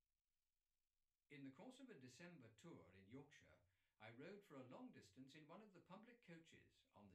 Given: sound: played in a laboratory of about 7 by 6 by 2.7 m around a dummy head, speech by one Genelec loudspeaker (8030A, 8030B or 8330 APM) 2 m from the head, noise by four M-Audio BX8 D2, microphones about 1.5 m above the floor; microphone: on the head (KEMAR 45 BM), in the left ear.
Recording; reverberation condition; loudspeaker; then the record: male speech in English; low; 150 degrees to the right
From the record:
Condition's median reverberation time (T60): about 310 ms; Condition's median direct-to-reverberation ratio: about 3.5 dB